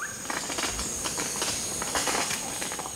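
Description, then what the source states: Montezuma Oropendola song: rapid, irregular series of sharp, crackling pops like firecrackers, running for about three seconds over a steady hiss. Male perched beside its nest, singing again with a sound like the pop of firecrackers; winter morning in a forest clearing by Mayan ruins, Central American tropics.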